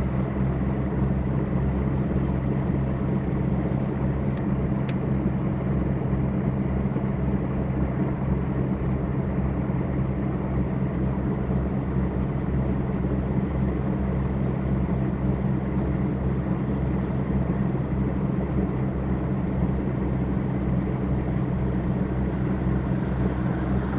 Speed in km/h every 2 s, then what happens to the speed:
84, 84, 83, 83, 83, 82, 83, 82, 82, 81, 80, 80.
0-24 steady at about 82.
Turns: none.